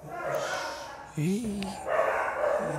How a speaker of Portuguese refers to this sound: Ih, os cachorros estão brigando.